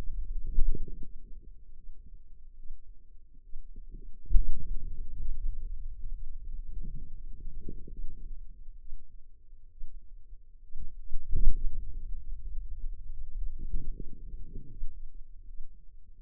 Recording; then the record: forearm muscle sounds (acoustic myography)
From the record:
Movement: pen grasping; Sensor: system 2, bracelet of six BSWA MPA416 microphones around the upper forearm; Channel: 1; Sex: female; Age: 25 years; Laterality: right